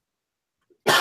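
Near silence, then one abrupt, harsh cough burst from an adult man at the very end, cut off mid-sound, after taking one hit too many from a blunt (marijuana cigarette).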